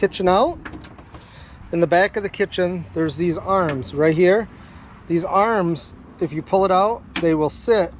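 Someone talks while handling the support/lock arm at the back of a slide-out RV outdoor kitchen, which is meant to drop in behind the unit and click to lock it so it cannot slide back in. A few brief sharp sounds occur around 0.9 to 1.2 s under the speech. The arm has not seated or clicked into place yet.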